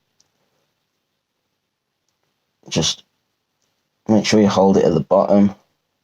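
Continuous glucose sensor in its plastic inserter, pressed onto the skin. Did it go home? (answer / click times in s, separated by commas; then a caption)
no / none. A Medtronic Guardian 3 continuous glucose sensor in its plastic inserter is held at the bottom and pressed onto the skin while someone talks, with a few faint ticks at 0.2, 2.1 and 3.6 seconds. The sensor has not seated or clicked yet.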